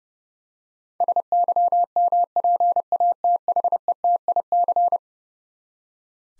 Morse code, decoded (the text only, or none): SYMPATHETIC